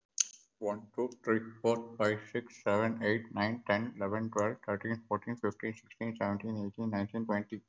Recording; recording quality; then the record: counting at a normal pace; excellent, no background noise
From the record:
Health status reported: COVID-19 positive, no symptoms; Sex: male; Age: 28 years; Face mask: not worn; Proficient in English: no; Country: India